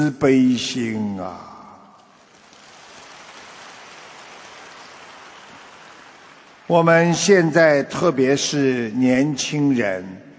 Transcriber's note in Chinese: 掌声